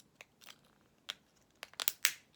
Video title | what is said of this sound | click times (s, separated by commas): Art at Home (Week 3) | There we go, there's the click. You have to push it quite hard. | 2.1 s